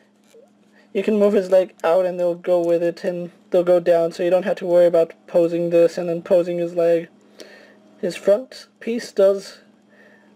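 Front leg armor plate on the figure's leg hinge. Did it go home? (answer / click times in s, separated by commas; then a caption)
yes / 7.4 s. Someone talks while swinging the plastic front leg-armor plate of a D-Arts WarGreymon action figure outward on its leg hinge. A sharp, short tick at 7.4 s marks the plate locking into place.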